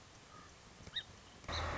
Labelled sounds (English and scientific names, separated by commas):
Song Sparrow (Melospiza melodia)